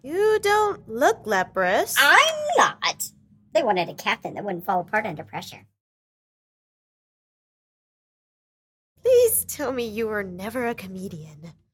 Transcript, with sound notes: You don’t look leprous.
I’m not. They wanted a captain who wouldn’t fall apart under pressure!
[LONG PAUSE] Please tell me that you were never a comedian.